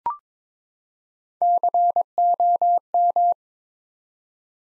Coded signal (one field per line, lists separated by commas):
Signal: Morse code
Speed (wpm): 22 wpm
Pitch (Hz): 700 Hz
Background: none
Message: COM